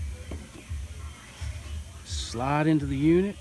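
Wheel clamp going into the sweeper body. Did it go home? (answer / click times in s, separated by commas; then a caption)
no / none. A metal and plastic wheel clamp with its spring pin is slid into the sweeper body and lined up, making soft low handling rubs and faint taps before someone talks. Nothing has seated or clicked yet; the clamp is pushed home afterward.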